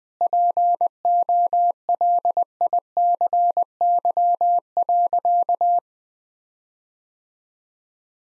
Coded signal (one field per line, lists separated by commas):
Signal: Morse code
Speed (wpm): 20 wpm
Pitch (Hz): 700 Hz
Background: none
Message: POLICY.